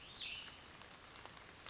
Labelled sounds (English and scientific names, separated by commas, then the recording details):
Cassin's Vireo (Vireo cassinii)
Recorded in Sonoma County, California